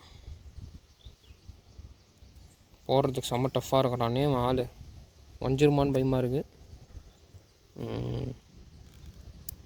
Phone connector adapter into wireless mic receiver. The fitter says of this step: போட்டோடனே இல்லை கிளிக்குன்னு ஒரு சத்தம் கேட்குது. அது கேட்டால் இது ஒட்டிக்கிச்சின்னு நம்மளே ஒரு மனக்கணக்குக்கு வந்துடலாம்.